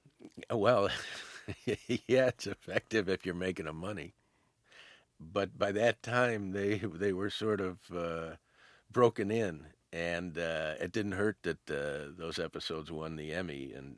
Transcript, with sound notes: Well, yeah, (laughter) it's effective if you're making them money. But by that time, they were sort of broken in. And it didn't hurt that those episodes won the Emmy.